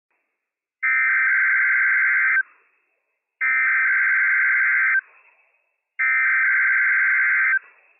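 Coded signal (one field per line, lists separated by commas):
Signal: Emergency Alert System (SAME) tones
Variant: header bursts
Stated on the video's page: Operational EAS tones of a National Weather Service required weekly test aired on NOAA weather radio transmitter WWF56 for Washington counties.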